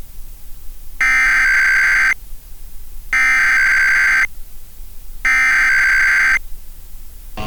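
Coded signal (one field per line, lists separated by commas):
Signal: Emergency Alert System (SAME) tones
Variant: header bursts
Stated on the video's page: Fictional cyberattack EAS scenario in analog-horror style, using valid EAS tones.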